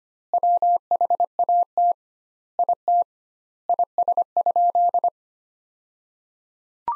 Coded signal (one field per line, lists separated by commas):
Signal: Morse code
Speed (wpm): 25 wpm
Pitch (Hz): 700 Hz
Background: none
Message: WHAT IT IS?